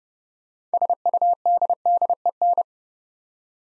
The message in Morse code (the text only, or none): SUDDEN